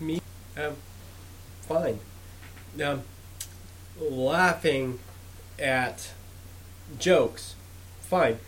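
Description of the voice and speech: An adult stroke survivor with aphasia answers in brief, halting fragments, with long silent gaps and a filler 'um': 'Me? Fine. Laughing at jokes, fine.' The sparse, telegraphic phrasing fits aphasia after stroke, which affects the ability to get jokes. A steady low hum runs underneath.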